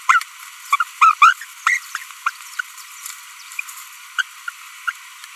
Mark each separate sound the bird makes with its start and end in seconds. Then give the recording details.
0.09-0.23, 0.72-0.76, 1.01-1.14, 1.22-1.33, 1.67-1.78, 4.18-4.22, 4.88-4.92. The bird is a female. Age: 23 days. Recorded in a nest box in Venezuela. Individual 17B42B2